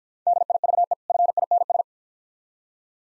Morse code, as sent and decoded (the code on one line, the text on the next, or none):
-.. .. ...- . / ..-. .. -. ...
DIVE FINS